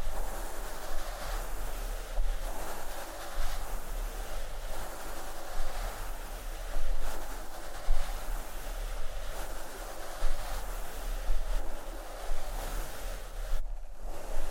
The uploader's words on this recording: ASMR Microphone Scratching and Brushing (No Talking).